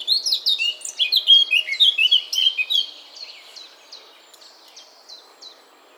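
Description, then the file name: Eurasian blackcap song: a fast, loud run of high warbled notes for about three seconds, followed by softer, sparser chirps that fade away. "Sylvia atricapilla"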